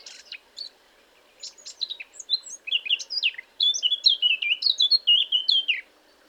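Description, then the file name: Eurasian blackcap song beginning with soft scratchy chatter that builds into a loud, rich fluty warble of rapid whistled notes. "Sylvia atricapilla"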